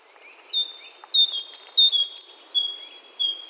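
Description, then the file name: Great tit song: clear two-note whistled phrases, a high note dropping to a lower one, repeated rapidly in a steady see-saw rhythm, with faint background hiss. "Parus major"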